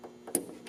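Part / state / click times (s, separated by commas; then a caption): plastic T-tap wire splice clamped onto a vehicle wiring harness wire / seated / 0.4 s. A plastic T-tap splice connector is folded closed around the black wire with yellow tracer, the pin 2 park/running-light wire in the wiring harness of a 1994–2002 Dodge Ram 1500/2500/3500 during a GM-style towing mirror install, and squeezed by hand or with pliers if needed. Faint ticks at about 0.0, 0.3 and 0.7 s surround one sharp, bright snap at 0.4 s as the latch clicks shut. The connector is seated on the wire.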